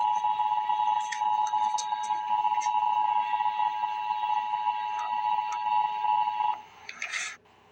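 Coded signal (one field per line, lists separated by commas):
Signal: Emergency Alert System (SAME) tones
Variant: 853 and 960 Hz attention tone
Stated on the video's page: EAS alert for a Winter Weather Advisory.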